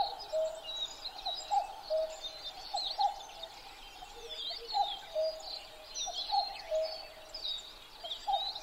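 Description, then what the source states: Common cuckoo calling a series of two-note cuck-oos, high then lower, about every second and a half, amid constant high chirping from other birds. Recorded 12 June 2011 at 03:53.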